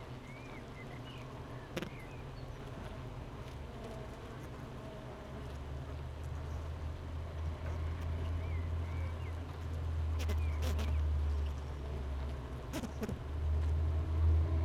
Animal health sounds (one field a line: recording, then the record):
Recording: honeybee colony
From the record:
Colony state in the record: missing queen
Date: 31 May 2018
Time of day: 8:45